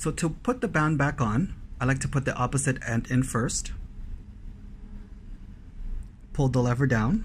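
A watch band spring bar is fitted into the case lug of a Samsung Galaxy Watch Active 2 smartwatch: the opposite end of the band goes into the lug first and the quick-release lever is pulled to line the band up before it is snapped home. Someone talks throughout, with a faint brief sound near 6.0 s during a pause. Nothing has seated or clicked yet.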